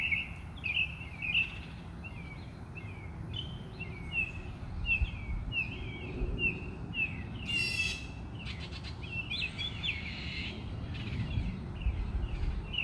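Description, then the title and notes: Bird song of repeated looping whistled notes roughly every half second, with a brief noisy burst midway and low background rumble. Birds singing outside the recordist's house. "Bird Songs Part Two. More bird songs outside my house"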